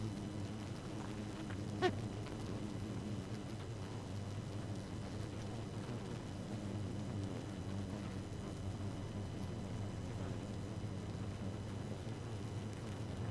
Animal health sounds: honeybee colony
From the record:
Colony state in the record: active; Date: 12 June 2018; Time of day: 0:20

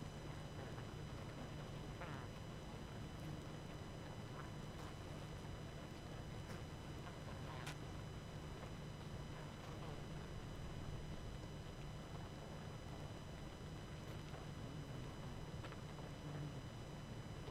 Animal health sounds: honeybee colony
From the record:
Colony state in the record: active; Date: 12 June 2018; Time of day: 21:30

